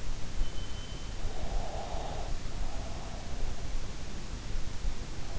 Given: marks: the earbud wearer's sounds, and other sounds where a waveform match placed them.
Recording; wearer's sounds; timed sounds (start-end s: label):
sounds in sleep by an in-ear microphone; breath
1.20-3.71 s: breath